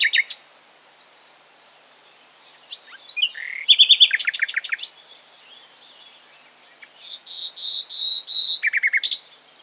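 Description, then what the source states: Common nightingale song, varied phrases: a loud rapid rattling burst, then a series of repeated pure whistles and other notes, clean background. Full, sobbing song heard by day and also at night in complete darkness; bird lives hidden in overgrown gardens, parks, thickets and deciduous and mixed woods with dense undergrowth.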